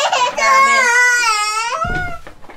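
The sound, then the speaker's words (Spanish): A feverish baby girl wails in one long, high-pitched, strained cry that wavers and rises before breaking off into a shorter, rougher sob near the end. “Ha llorado toda la noche y no tiene buena cara.”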